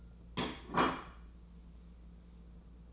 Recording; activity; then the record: daily activity, microphone in the room; place plate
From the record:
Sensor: 1